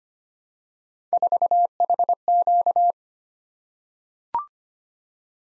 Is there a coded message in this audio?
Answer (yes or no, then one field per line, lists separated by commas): yes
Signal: Morse code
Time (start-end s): 1.1-2.9 s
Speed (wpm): 25 wpm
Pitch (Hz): 700 Hz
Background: none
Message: 4HQ